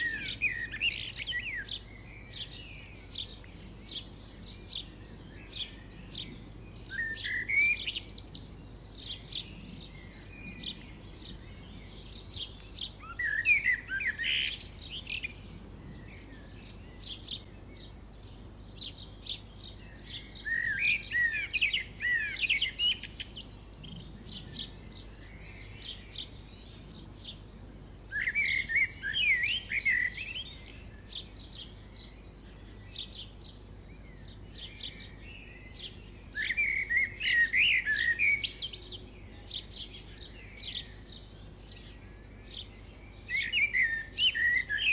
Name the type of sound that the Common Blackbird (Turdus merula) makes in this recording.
song